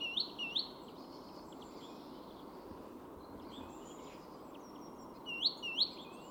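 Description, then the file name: Great tit calls: a couple of sharp, upward-flicking high notes at the start and again near the end, with faint chirps and steady background hiss. "Parus major"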